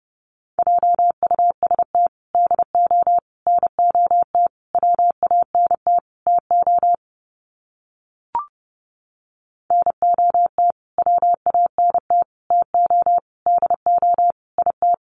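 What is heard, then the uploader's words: Morse code tones beep out words as short and long pulses of a single steady mid-pitched note, grouped with small gaps between letters. The keying runs to about seven seconds, pauses with a brief click near eight seconds, then resumes until the end. Sets of 5 Words Encore 30wpm. First, the words are sent in Morse code. Finally, it is sent again in Morse code.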